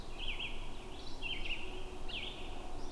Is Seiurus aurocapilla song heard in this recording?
no